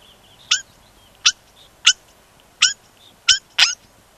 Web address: european starling